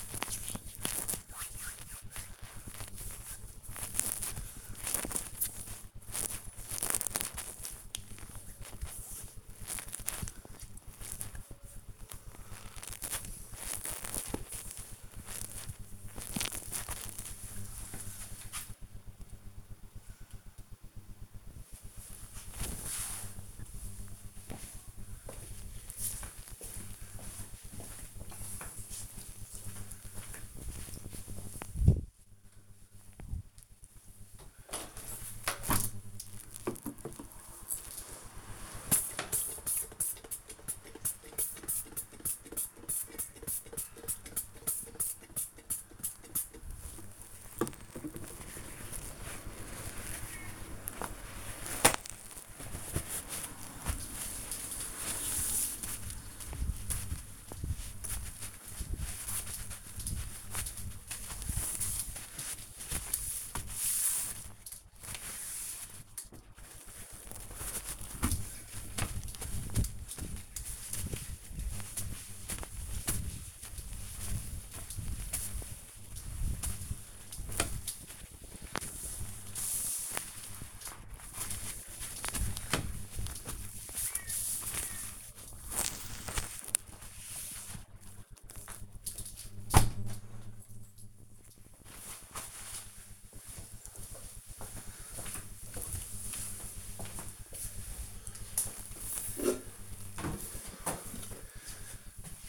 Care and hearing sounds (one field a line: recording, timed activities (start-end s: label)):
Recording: household activities, microphone on the right wrist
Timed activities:
0.00-14.99 s: disinfecting hands
32.11-89.57 s: window cleaning